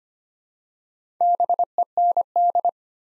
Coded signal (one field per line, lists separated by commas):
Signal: Morse code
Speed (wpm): 25 wpm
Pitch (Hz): 700 Hz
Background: none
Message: BEND